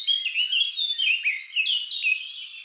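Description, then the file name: Eurasian blackcap song: a short, loud, fluent warble of sweet, slurred whistles. "Sylvia atricapilla"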